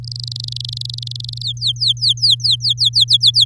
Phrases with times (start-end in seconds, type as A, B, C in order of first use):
0.04-1.42 A, 1.43-3.45 B